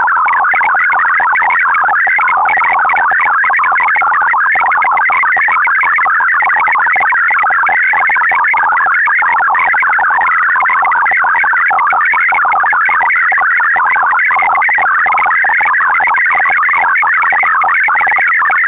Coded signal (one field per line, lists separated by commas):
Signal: multi-tone FSK (Olivia or MFSK type)